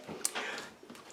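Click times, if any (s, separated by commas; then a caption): none. The exposure meter cover flap on a German Contina-matic classic film camera is pressed down onto the camera body, making brief sharp taps near 0.3 s and 1.1 s with soft handling rustle in between. Its tiny tab does not go into the slot, so the flap has not clicked or latched down, and the flap is a bit faulty.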